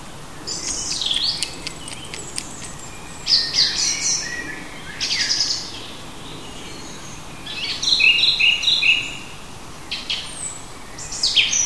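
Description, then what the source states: Bird song in bursts of high, sharp chirps and trills with pauses between, over a steady background hiss. Native bird of a hedge habitat, recorded in June.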